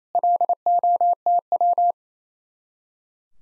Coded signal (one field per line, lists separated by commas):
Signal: Morse code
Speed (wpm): 35 wpm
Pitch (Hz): 700 Hz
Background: none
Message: LOTW